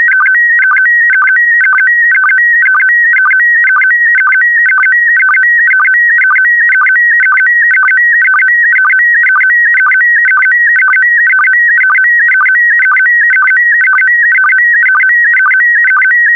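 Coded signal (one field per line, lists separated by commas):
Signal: SSTV (slow-scan television)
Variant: PD120 mode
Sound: continuous warbling electronic tones shifting pitch, with a short low blip twice a second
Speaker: complete. You can now check your decoded image against the picture that is shown on the video.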